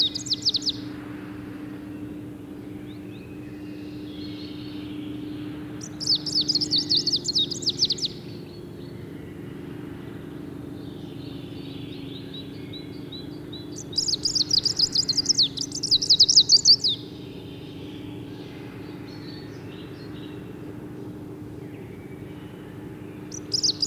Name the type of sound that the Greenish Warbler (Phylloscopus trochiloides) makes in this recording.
song